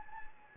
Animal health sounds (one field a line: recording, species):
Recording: mosquito wingbeat signal from an infrared sensor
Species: Anopheles gambiae